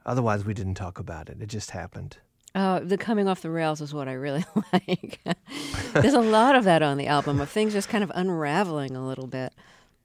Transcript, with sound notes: Otherwise we didn't talk about it; it just happened.
The coming off the rails is what I really like.
(SOUNDBITE OF LAUGHTER)
There's a lot of that on the album, of things just kind of unraveling a little bit.